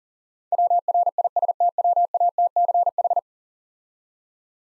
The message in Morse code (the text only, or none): WRISTWATCH